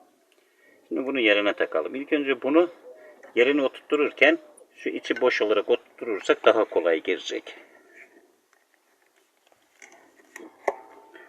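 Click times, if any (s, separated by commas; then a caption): 10.7 s. A man talks while the throttle cable fitting on an Astra F, taped so it won't slip out, is pushed back into its bracket on the engine in the engine bay; it goes in more easily when empty. After a few faint taps, a sharp knock at 10.7 s confirms the fitting has seated.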